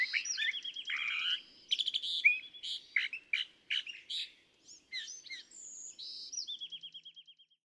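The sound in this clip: California thrasher song: rich scratchy phrases, sharp chips and buzzy notes, ending in a fast run of repeated notes that fades out.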